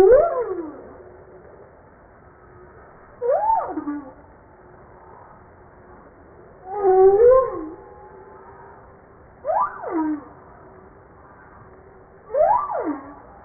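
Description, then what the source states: Humpback whale song: a varied series of five units, including steep downward sweeps and a rising-then-falling moan, spaced roughly every three seconds. Recorded 5 March 1994.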